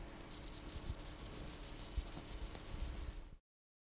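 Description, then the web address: Dung beetle producing quick raspy high-pitched pulses in a fast uneven series, over low rumble and a faint hum, ending abruptly in silence. "Coleoptera geoste"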